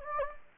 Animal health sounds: mosquito wingbeat signal from an infrared sensor; Anopheles gambiae

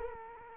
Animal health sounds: mosquito wingbeat signal from an infrared sensor; Culex quinquefasciatus

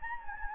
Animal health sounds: mosquito wingbeat signal from an infrared sensor; Anopheles gambiae

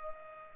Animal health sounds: mosquito wingbeat signal from an infrared sensor; Culex pipiens

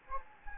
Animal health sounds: mosquito wingbeat signal from an infrared sensor; Anopheles gambiae

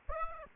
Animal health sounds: mosquito wingbeat signal from an infrared sensor; Aedes aegypti

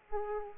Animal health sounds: mosquito wingbeat signal from an infrared sensor; Aedes aegypti

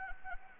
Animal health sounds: mosquito wingbeat signal from an infrared sensor; Anopheles gambiae

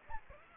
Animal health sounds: mosquito wingbeat signal from an infrared sensor; Aedes aegypti

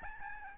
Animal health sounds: mosquito wingbeat signal from an infrared sensor; Aedes albopictus

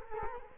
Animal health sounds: mosquito wingbeat signal from an infrared sensor; Culex quinquefasciatus

